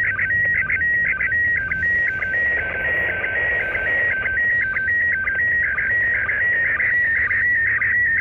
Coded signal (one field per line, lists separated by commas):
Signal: SSTV (slow-scan television)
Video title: sstv from iss quick and dirty